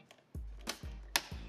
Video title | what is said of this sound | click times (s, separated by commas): Infinity L DJ Console - Review | up, hear that snap, that | 1.2 s